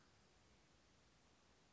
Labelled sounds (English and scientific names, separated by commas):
American Crow (Corvus brachyrhynchos)